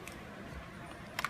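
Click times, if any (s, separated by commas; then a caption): none. A pacing catheter's protective sleeve is advanced to the end of the introducer sheath and turned toward its locking position on the hub. A faint tick at 0.1 s is followed by quiet handling noise, then a cluster of sharp plastic ticks at 1.2 s and 1.3 s near the end of the turn. The clip ends before the lock seats, so nothing has seated or clicked yet.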